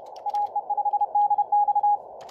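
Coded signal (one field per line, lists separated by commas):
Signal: Morse code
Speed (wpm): 31 wpm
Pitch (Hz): 820 Hz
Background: none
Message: AE5DX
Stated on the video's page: Morse Runner practice.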